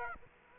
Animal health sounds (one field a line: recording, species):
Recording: mosquito wingbeat signal from an infrared sensor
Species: Aedes aegypti